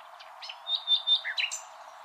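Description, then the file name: Common nightingale song phrase: a short run of sharp whistled notes and upslurs, with several clear, evenly spaced pure whistles in the middle, ending in a high chirp. "Luscinia megarhynchos"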